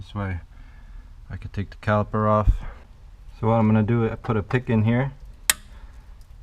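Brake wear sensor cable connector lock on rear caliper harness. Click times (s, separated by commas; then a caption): 5.5 s. On a 2016 Audi A3/S3/RS3 during rear wheel bearing work, a pick is pushed into the lock tab of the brake wear sensor cable connector on the rear caliper harness, popping the lock back so the cable can be unplugged and the caliper taken off. Someone talks through most of the clip, then a sharp click at 5.5 s marks the connector lock releasing open.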